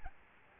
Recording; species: mosquito wingbeat signal from an infrared sensor; Aedes albopictus